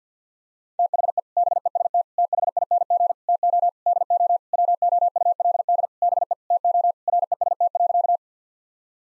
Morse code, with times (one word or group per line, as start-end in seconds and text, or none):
0.8-1.2 THE
1.4-2.0 BEST
2.2-3.1 THING
3.3-3.7 TO
3.9-4.4 DO
4.5-5.9 WOULD
6.0-6.3 BE
6.5-6.9 TO
7.1-8.2 REST.